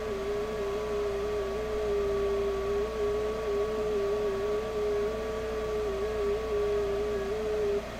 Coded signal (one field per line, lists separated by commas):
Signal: FT8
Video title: ham radio live: 6m ft8